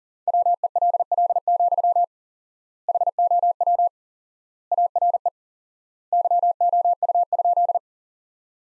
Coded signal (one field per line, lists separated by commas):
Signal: Morse code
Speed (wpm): 40 wpm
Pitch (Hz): 700 Hz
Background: none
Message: WELL, HOW ARE YOU?